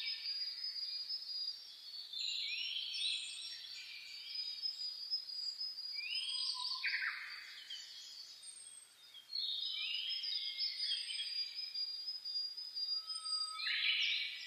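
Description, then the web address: Bird: dawn chorus of several birds, with busy high chirps, rising and falling whistles, and a short lower rising phrase midway. Dawn chorus (reimei) birdsong (saezuri), recorded 10 May 2010. "reimei -saezuri-20100510"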